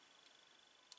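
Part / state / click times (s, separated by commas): plastic model fairing part into model motorcycle frame / not seated / none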